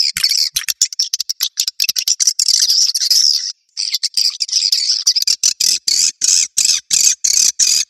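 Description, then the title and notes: Swiftlet calls: a high, shrill twittering run, then a brief gap, then rapid pulsed chirps chopped into short, evenly spaced bursts. Asia; sound used in swiftlet farming to attract birds. "Swiflet Bird Sound. Farming Swiflet Bird asia sound"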